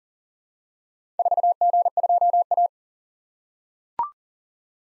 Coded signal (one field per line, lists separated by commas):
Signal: Morse code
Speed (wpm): 38 wpm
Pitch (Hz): 700 Hz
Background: none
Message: 4G2A